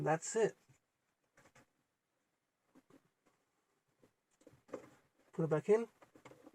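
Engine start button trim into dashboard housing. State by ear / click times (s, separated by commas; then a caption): not seated / none. A replacement engine start/stop button trim for a BMW is handled at its housing in the dashboard while someone talks, with a few faint, short handling taps between the speech. Nothing has clicked in or seated yet by the end of the clip.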